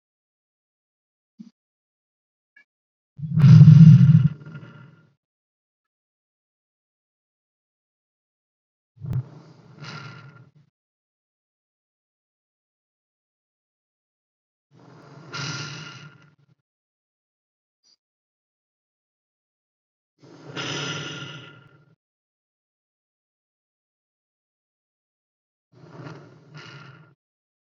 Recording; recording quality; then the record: deep breathing; excellent, no background noise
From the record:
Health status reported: healthy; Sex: male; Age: 30 years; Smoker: no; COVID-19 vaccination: one dose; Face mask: not worn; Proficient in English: yes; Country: India